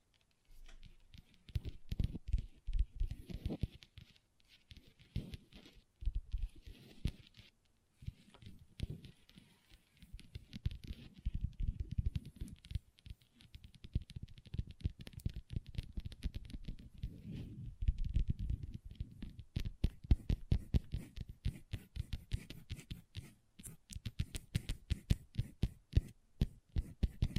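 Long nails tap and scratch on a tabletop, with no talking. Quick bursts of tapping come in irregular clusters throughout, some soft and low, others sharp and clicky, growing denser and brighter after about twenty seconds, with brief pauses between runs.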